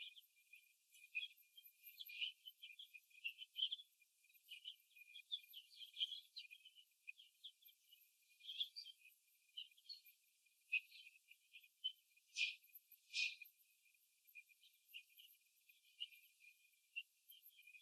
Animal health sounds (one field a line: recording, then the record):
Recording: young laying hens in a cage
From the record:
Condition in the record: before the stressor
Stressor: simulated dog barking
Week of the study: 2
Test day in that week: 3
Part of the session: 2